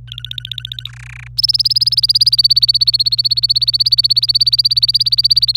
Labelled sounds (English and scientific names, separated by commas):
Domestic Canary (Serinus canaria) song